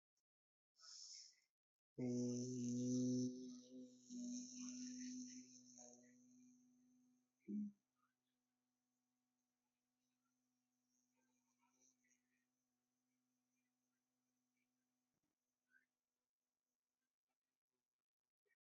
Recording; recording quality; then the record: sustained vowel as in beet; excellent, no background noise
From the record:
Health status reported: healthy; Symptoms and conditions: none ticked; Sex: male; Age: 29 years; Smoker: yes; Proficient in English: yes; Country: India